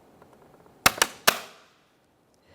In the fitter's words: We're listening for an audible click from each one of those locking tabs.